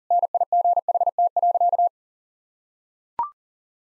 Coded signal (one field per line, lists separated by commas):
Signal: Morse code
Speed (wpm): 37 wpm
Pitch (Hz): 700 Hz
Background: none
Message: NIGHT.